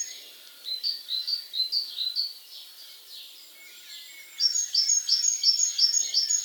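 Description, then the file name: Great tit song, first a lower run of repeated phrases, then a louder, higher series of ringing two-note units. "Parus major"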